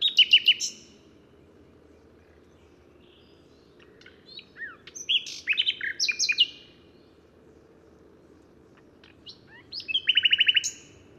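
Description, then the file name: Common nightingale delivering varied, loud phrases separated by silent pauses, with whistles and chattering notes, ending in a fast repeated trill. "Luscinia megarhynchos"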